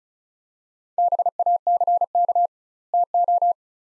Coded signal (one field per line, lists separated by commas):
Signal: Morse code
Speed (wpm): 36 wpm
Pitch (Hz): 700 Hz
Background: none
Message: BACK TO